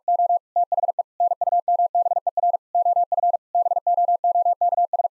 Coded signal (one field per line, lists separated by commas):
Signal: Morse code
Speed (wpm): 46 wpm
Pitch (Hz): 700 Hz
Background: none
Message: O THE NUMBER OF BOOKS